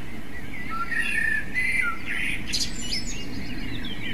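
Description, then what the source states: Common blackbird singing a short run of fluty whistled notes, then a brief squeaky twitter, against a constant low rushing noise. Recording device: MZ-N 710.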